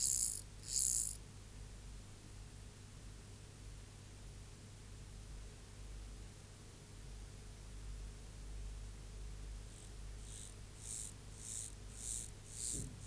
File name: Collins Field Guide - Mottled Grasshopper